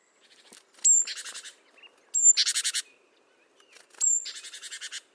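Great tit calling three times, each a sharp high note followed by a harsh, rattling churr of quick pulses.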